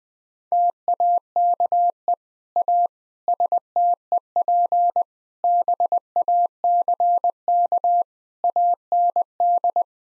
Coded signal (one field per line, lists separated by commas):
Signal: Morse code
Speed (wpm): 20 wpm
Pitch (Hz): 700 Hz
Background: none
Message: TAKE A STEP BACK AND